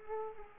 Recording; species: mosquito wingbeat signal from an infrared sensor; Culex quinquefasciatus